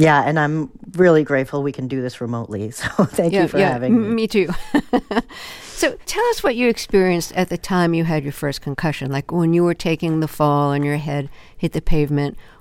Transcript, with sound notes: And I'm really grateful we can do this remotely. So thank you for having...
Yeah, yeah. Me too. (laughter) So tell us what you experienced at the time you had your first concussion - like when you were taking the fall and your head hit the pavement.